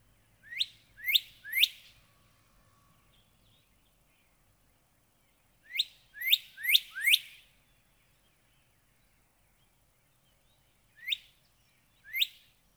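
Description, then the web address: Northern cardinal song: clear upswept whistles in groups of two to four, separated by pauses of several seconds, with a quiet background. "birdsongforthecurious songs Northern Cardinal"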